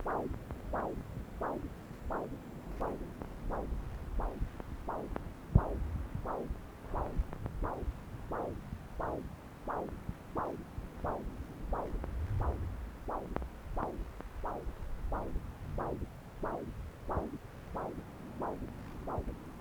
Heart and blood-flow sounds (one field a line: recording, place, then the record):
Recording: Doppler ultrasound of blood flow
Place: left subclavian vein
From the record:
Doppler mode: continuous wave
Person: adult scuba diver, at rest before a dive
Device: O'Dive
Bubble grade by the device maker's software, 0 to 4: 0